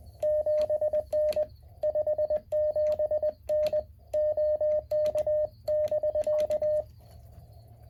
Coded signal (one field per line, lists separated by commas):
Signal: Morse code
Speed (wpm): 20 wpm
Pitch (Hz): 610 Hz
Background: none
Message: 7N 57N OK<BK>